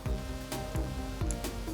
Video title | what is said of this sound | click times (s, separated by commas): The Ultimate Beyblade Burst Customization Guide | And now it's locked. | 1.3 s